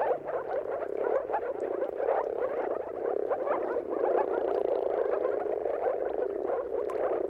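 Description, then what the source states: Moor frogs in a dense mating chorus, many overlapping soft bubbling, gurgling calls merging into a continuous low hum without pause. Chorus of moor frogs giving mating calls at sunrise at the turn of March and April, timing depending on the weather.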